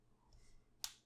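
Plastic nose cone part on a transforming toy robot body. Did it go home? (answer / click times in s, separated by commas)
yes / 0.8 s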